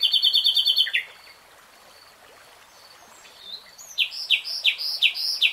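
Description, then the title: Nightingale song: a quick series of repeated notes, a quiet gap with faint whistles, then loud repeated notes. Real-time recording, three hours long. "[Tiếng chim hót] REALTIME Nightingale Singing"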